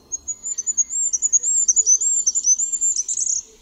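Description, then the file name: Goldcrest singing a sibilant, very high-pitched cycle of rapid repeated notes that runs on for about three seconds and closes with a fast trill. "MYSIKRÓLIK"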